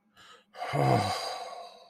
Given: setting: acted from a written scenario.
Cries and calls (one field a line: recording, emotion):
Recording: vocal sound without words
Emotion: ecstasy